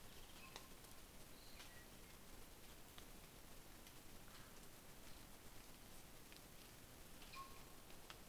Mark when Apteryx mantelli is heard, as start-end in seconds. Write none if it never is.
none